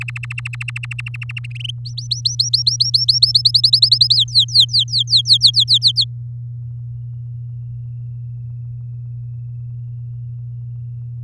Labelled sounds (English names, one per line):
Domestic Canary song